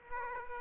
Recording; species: mosquito wingbeat signal from an infrared sensor; Aedes aegypti